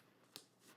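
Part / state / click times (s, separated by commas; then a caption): strap clip on a binocular chest harness / seated / 0.4 s. A new strap clip on a binocular chest harness is snapped into place to hold the strap so it cannot slide and the harness won't sag while running. A single sharp click sounds at 0.4 s against quiet background noise. The clip is seated and locked in place.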